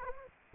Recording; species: mosquito wingbeat signal from an infrared sensor; Anopheles arabiensis